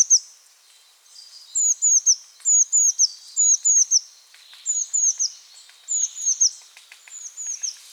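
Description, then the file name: Eurasian blue tit giving high, thin downslurred notes in quick groups of two or three, repeated several times with brief pauses. "Cyanistes caeruleus"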